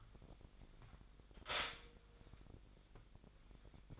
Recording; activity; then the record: daily activity, microphone in the room; stop toaster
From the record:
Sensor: 5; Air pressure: 1002.0 hPa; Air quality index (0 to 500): 205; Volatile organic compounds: 19 ppm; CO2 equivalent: 2657 ppm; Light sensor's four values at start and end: 33/108/41/44 and 33/108/41/43